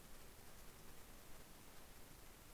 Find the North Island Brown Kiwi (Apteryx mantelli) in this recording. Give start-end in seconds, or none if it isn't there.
none